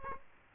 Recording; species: mosquito wingbeat signal from an infrared sensor; Aedes aegypti